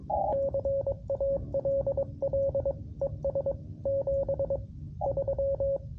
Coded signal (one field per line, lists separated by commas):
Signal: Morse code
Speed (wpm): 22 wpm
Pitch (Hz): 550 Hz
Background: radio noise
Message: CALL ES 7 3